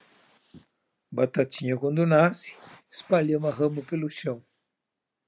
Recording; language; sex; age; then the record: short text; Brazilian Portuguese; male; 50 to 59 years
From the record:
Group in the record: control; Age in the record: 56 years